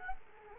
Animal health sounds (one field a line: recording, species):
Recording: mosquito wingbeat signal from an infrared sensor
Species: Culex quinquefasciatus